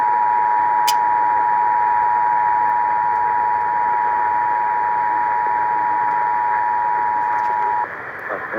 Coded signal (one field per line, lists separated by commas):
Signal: Emergency Alert System (SAME) tones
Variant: 853 and 960 Hz attention tone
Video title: Minnesota Required Monthly Test on WCCO-AM (EAS #1021)